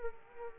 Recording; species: mosquito wingbeat signal from an infrared sensor; Culex pipiens